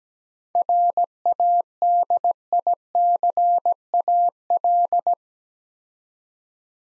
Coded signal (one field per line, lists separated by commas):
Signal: Morse code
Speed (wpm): 17 wpm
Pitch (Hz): 700 Hz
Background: none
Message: RADICAL